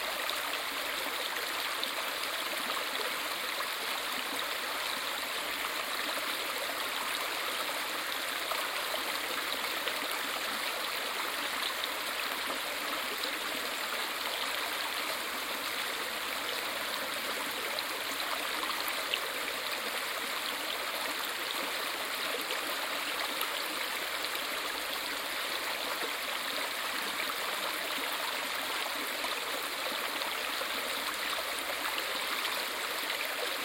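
A busy river rushes steadily and densely throughout, a constant hissing wash of water with little low rumble and no distinct events.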